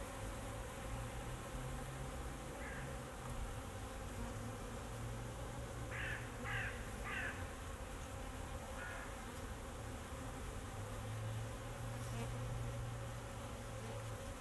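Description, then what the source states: Bees drone steadily while a bird gives a short series of harsh caws midway, over a constant low rumble. Bees flying around the recordist in Jacques Brelpark, Kersbeeklaan, Vorst, Belgium; train in the background; recorded binaurally with a Sennheiser Ambeo binaural headset.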